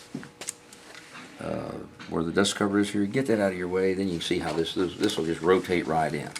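An operating handle is handled at a rifle receiver near the dust cover: a few short metallic clicks and handling noises come in the first second, then someone talks while lining the handle up to rotate into its slot. Nothing has snapped into place yet; the handle has not gone home by the end of the clip.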